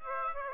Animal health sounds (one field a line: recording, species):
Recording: mosquito wingbeat signal from an infrared sensor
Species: Aedes aegypti